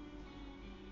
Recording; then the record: background sound without coughing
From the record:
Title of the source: BackgroundMusic3